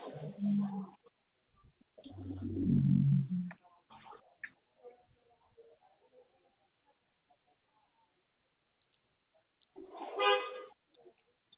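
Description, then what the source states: Koala bellow: deep, throaty grunting with strong low harmonics in two bursts over the first four seconds, then faint crackles and a brighter rasping burst near ten seconds. Recorded 26 May 2021.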